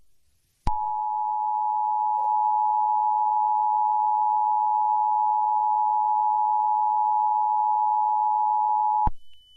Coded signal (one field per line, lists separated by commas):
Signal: Emergency Alert System (SAME) tones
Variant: 853 and 960 Hz attention tone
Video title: Crescendo of the Blood Moon Part 1: Maid Warlord’s Control | EAS Scenario